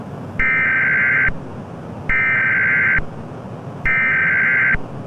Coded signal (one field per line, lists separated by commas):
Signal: Emergency Alert System (SAME) tones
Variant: header bursts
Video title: EAS Scenario - The New Darkness (New Year Special)